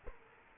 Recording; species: mosquito wingbeat signal from an infrared sensor; Culex quinquefasciatus